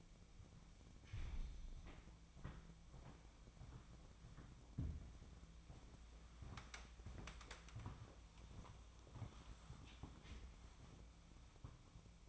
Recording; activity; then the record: daily activity, microphone in the room; walk to room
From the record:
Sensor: 1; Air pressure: 1000.0 hPa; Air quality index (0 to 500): 132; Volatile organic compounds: 2 ppm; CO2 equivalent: 1250 ppm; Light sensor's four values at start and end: 39/98/41/51 and 35/90/37/46